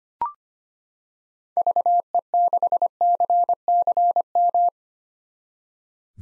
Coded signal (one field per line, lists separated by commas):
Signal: Morse code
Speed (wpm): 25 wpm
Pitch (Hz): 700 Hz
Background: none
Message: VE6CCM